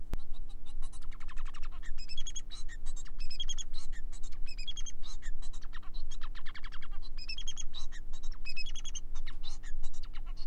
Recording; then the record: song of a male Bengalese finch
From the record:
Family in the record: son of father 4